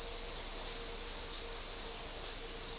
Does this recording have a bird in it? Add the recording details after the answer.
no. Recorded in dense forest near Puerto Asís, Putumayo, Colombia, on 4 March 2025 at 09:30. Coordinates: 0.467, -76.328. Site G041